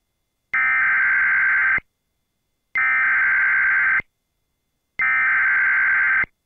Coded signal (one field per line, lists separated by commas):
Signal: Emergency Alert System (SAME) tones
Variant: header bursts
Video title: EAS 1691: NWS Lubbock Scary Wording Flash Flood Warning